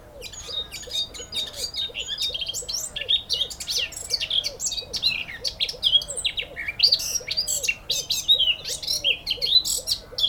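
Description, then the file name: Eurasian blackcap song, a fast, varied warble of scratchy and clear notes running almost without pause, over a steady low series of short arched notes. "Sylvia atricapilla"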